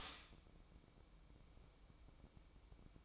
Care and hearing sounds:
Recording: daily activity, microphone in the room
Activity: stop toaster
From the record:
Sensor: 1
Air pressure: 1007.3 hPa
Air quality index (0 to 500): 78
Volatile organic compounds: 1 ppm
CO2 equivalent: 672 ppm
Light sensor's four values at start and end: 8/19/7/8 and 8/19/7/8

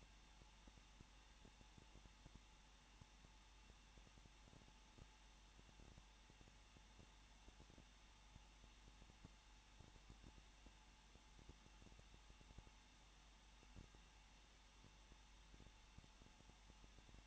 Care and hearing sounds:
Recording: daily activity, microphone in the room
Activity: no activity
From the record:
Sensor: 1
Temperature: 20.1 degrees Celsius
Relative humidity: 39.4%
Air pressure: 1006.4 hPa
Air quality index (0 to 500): 219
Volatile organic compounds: 81 ppm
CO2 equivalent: 3611 ppm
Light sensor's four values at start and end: 1/2/1/1 and 1/2/1/1

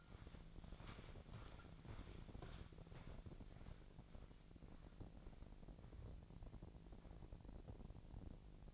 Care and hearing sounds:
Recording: daily activity, microphone in the room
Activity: walk to room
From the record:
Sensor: 5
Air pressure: 1012.3 hPa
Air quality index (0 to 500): 246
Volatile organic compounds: 4 ppm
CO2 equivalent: 1630 ppm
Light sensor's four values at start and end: 58/133/56/61 and 60/140/58/62

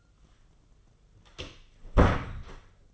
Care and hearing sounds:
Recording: daily activity, microphone in the room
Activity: close door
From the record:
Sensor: 4

